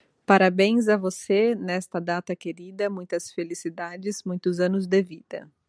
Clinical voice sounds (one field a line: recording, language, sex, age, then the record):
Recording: short text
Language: Brazilian Portuguese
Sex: female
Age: 30 to 39 years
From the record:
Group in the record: control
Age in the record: 39 years